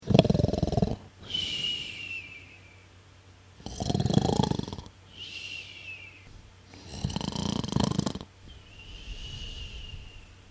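An adult man snoring in his sleep: three slow breath cycles, roughly 18 a minute, each a loud, rough, rattling inhaled snore followed by a softer whistling outbreath, typical of soft-tissue vibration in the upper airway.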